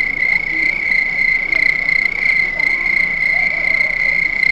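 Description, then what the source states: Crickets in a loud, steady high trill with pulsing loudness and a fainter higher overtone. Crickets at night.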